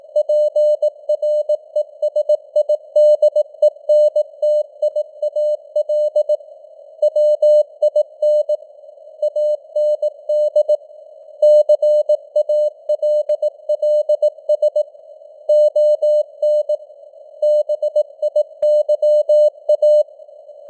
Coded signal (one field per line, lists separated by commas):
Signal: Morse code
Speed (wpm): 18 wpm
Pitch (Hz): 600 Hz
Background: none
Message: PRESIDENTIAL WIN AND CALLS ON BIYA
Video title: Morse Code News | 2025-10-15 | 18wpm